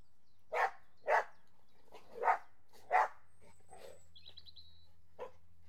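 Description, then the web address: Dogs giving four sharp barks, then softer yips and a brief high squeaky sound. Border Collies and Labradors playing. "BBC Sound Effects Library Horses Dogs Border Collies And Labs Playing"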